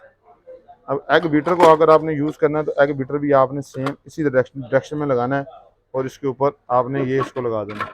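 A man talks while fitting the egg-beater attachment in the same direction on a WestPoint all-in-one food processor and bringing the lid onto the mixing bowl. Only his speech is heard, with no clicks or impacts. The lid has not locked onto the bowl yet, and nothing has seated or clicked.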